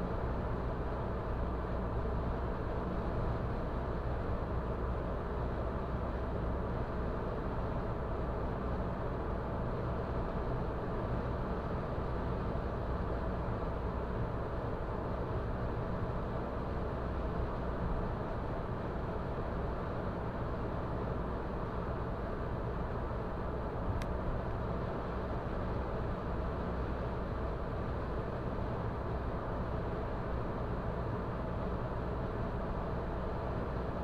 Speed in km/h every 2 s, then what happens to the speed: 110, 110, 110, 110, 110, 110, 110, 110, 110, 110, 110, 110, 110, 110, 110, 110, 110.
0-34 steady at about 110.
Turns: none.